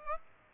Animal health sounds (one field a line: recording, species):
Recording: mosquito wingbeat signal from an infrared sensor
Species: Aedes aegypti